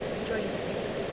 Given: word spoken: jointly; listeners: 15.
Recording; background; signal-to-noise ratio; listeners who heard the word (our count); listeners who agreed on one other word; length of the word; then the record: one English word in noise, from a listening test; speech-shaped noise; -7.0 dB; 2 of 15; 9 of 15; 0.72 s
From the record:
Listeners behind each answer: 9, 2, 1, 1, 1, 1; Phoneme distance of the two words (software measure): 57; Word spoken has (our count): 2 syllables, 6 phonemes, stress on syllable 1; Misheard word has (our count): 1 syllable, 5 phonemes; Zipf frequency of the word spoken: 3.10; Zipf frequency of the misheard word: 5.06